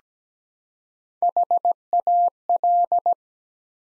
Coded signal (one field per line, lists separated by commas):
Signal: Morse code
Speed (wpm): 17 wpm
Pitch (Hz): 700 Hz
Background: none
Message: HAL